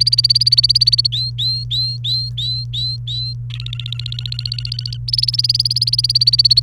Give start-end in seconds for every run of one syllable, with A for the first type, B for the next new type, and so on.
0.00-1.07 A, 1.12-3.34 B, 3.50-4.97 C, 5.08-6.60 A